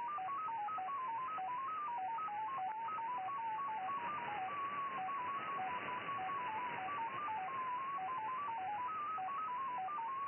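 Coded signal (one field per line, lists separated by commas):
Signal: numbers station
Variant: XPA MFSK 10 baud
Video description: XPA 873 1, 9. 1. 2014 19:20, 6791 kHz / MFSK 10 baud. Message for ID 873 and quite a long one. SVR Russian Foreign Intelligence Numbers Station.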